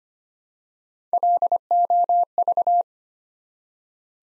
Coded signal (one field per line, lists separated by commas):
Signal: Morse code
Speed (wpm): 25 wpm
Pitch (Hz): 700 Hz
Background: none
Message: LOV